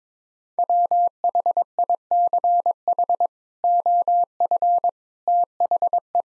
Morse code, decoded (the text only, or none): WHICH OF THE